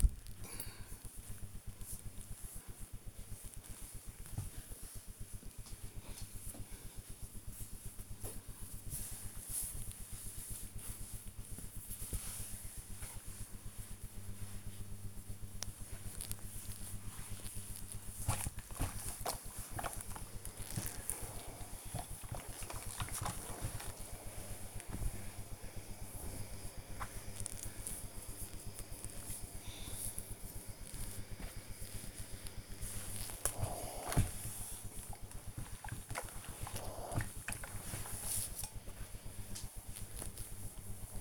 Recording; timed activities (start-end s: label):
household activities, microphone on the right wrist
0.00-41.21 s: ironing laundry